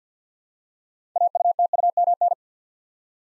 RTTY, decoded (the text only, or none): none